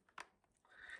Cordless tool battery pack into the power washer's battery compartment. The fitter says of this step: And you'll just push it down, you'll feel it click.